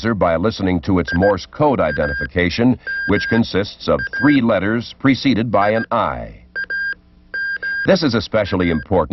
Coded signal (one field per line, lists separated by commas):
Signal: Morse code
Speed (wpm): 17 wpm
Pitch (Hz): 1600 Hz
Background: speech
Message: IAMA IAMA